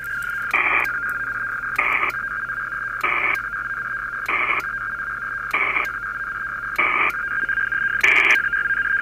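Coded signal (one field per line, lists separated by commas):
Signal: HF data modem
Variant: PACTOR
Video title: Pactor is a pain in the rear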